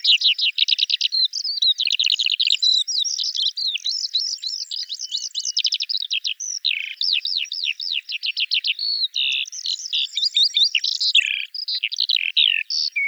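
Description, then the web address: Eurasian skylark in sustained song: rapid repeated trills and chirps pouring out almost without a break. "songs alauda arvensis call"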